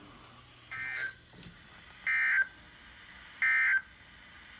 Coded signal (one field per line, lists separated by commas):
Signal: Emergency Alert System (SAME) tones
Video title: A normal weekly test day EAS# 124-125 7/15/20